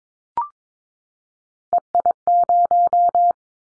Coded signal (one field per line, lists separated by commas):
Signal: Morse code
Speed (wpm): 22 wpm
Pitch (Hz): 700 Hz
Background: none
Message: EI0